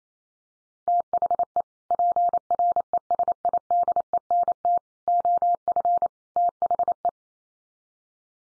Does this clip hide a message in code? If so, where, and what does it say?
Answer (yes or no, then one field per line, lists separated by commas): yes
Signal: Morse code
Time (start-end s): 0.9-7.1 s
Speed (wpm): 28 wpm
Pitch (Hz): 700 Hz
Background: none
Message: THE PRESIDENT OF THE